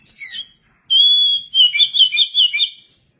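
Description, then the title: Oriental magpie-robin song: a scratchy opening phrase, a long steady whistle, then a run of fluttering, trilled notes that fade out. Oriental magpie-robin (kacer) song. "Suara Kicauan Burung Kacer"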